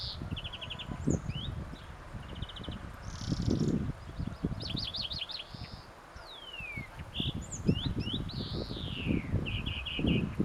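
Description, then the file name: European Greenfinch calls, a mix of fast trilled chatters and falling, drawn-out wheezy notes, repeated throughout over low rustling and tapping sounds. "Chloris chloris"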